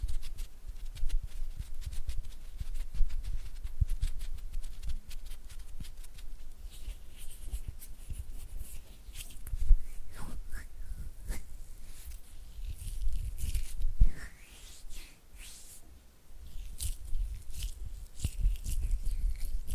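Oily hands flutter and rub, making dense, uneven flurries of soft slippery clicks and smacks that run almost without pause. A steady low rumble sits underneath. Sharper wet taps stand out around ten, eleven and fourteen seconds, with a brief quieter stretch near fifteen.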